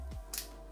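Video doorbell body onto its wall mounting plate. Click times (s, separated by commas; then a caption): 0.4 s. An IMILAB battery smart video doorbell is lowered from the top onto its wall mounting plate and pressed in, with music playing in the background. A single sharp snap at 0.4 s marks the doorbell body seating onto the plate.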